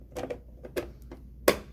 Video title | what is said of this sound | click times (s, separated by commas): jetStamp 1025: Ink Cartridge Replacement | Clicks into place. | 1.5 s